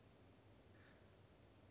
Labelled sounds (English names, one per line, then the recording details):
Acorn Woodpecker
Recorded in Sonoma County, California